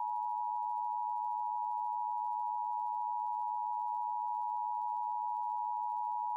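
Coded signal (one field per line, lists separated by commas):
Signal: Emergency Alert System (SAME) tones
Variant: 853 and 960 Hz attention tone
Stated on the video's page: Pennsylvania statewide required monthly tests from four TV stations; one failed, going near silent after the first attention tone.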